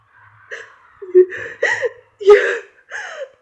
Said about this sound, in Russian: Хто? Хто гэта плача? Ды гэта Алтынай. Спалохалася дзяўчынка ваўкоў пракляты. Вось і плача.